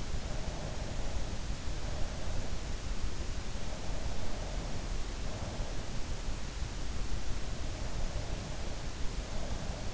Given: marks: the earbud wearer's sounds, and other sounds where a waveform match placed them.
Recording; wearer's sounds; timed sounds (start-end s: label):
sounds in sleep by an in-ear microphone; breath
0.00-2.46 s: breath